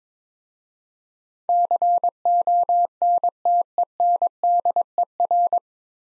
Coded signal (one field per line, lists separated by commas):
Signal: Morse code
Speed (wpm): 22 wpm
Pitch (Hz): 700 Hz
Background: none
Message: CONTENDER